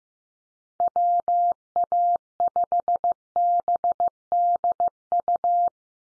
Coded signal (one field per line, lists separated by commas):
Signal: Morse code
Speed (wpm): 15 wpm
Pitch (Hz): 700 Hz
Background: none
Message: WA5BDU